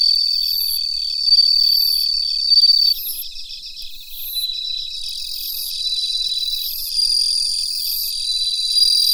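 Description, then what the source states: Bell cricket song within a busy insect chorus: rapid high ringing pulses, a sustained whistle-like tone, and other crickets trilling continuously underneath. Recorded together with Mitsukado cricket.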